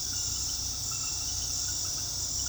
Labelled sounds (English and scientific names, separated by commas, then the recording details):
none
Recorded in pastures near Puerto Asís, Putumayo, Colombia, on 21 February 2024 at 22:30
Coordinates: 0.486, -76.323
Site G6462